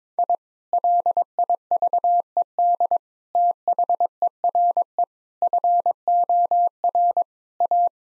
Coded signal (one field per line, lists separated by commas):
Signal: Morse code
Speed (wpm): 22 wpm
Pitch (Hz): 700 Hz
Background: none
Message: I LIVED THERE FOR A